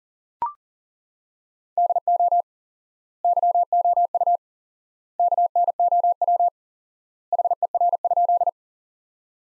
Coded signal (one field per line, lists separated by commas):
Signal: Morse code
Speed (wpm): 40 wpm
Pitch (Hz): 700 Hz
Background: none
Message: DO YOU KNOW HER?